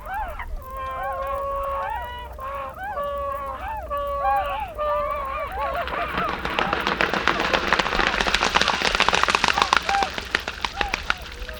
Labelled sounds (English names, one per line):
Tundra Swan call